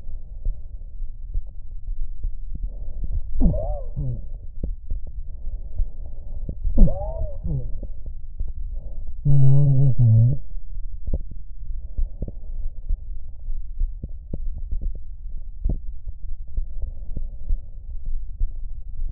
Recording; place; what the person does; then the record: lung sounds by stethoscope; right anterior apical chest; quiet breathing, then cough and speech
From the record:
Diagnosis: COPD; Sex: male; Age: 57 years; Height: 165 cm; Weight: 85.7 kg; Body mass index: 31.5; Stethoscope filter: extended mode